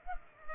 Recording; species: mosquito wingbeat signal from an infrared sensor; Culex pipiens